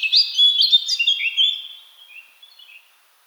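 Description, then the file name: Eurasian blackcap giving a brief phrase of clear, fluty whistled notes that slide down and fade away within about three seconds. "Sylvia atricapilla"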